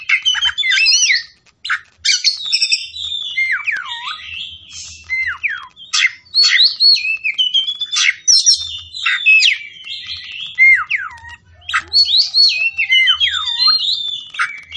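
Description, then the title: Oriental magpie-robin song, a fast, varied stream of whistled notes, sweeps and harsh chips, nearly continuous with brief pauses, over a low intermittent hum. Tretes; singing vigorously, described as gacor. "Kacer Tretes"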